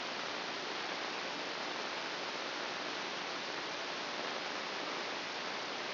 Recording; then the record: brain microelectrode recording played as sound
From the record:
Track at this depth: inside the subthalamic nucleus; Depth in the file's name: 3.911 mm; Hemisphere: left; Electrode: 2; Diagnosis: Parkinson's disease